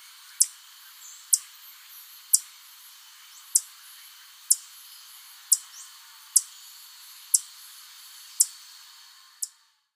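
Black jacobin calls: very high, thin, sharp ticking notes repeated about once a second, ten in a row, with a faint steady high hiss behind.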